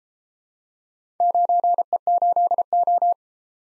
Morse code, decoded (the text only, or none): 9E8O